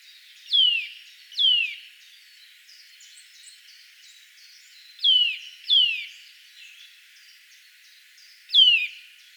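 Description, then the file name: Eurasian nuthatch calls: clear downslurred whistles, two in quick succession, another pair later, then a single note near the end, with faint chirps between. "Sitta europaea"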